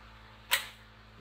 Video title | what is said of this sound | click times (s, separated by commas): Special Stream Live pc build | There she is. Okay. And it just clicks into place. | 0.5 s